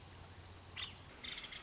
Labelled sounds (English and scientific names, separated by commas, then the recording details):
Nuttall's Woodpecker (Dryobates nuttallii)
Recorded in Sonoma County, California